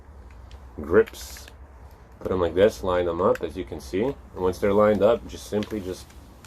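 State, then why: Not seated. A plastic side grip panel is lined up on an Xbox One controller's housing and pushed, while someone talks over faint handling noise. The clip ends before the panel snaps home, so nothing has seated or clicked yet.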